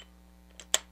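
A steel interchangeable anvil, lined up by its larger tooth with the drive of an impact wrench, is pushed in. A faint tick at 0.6 s precedes a sharp metallic snap at 0.7 s as the anvil seats in the wrench drive. Someone talks.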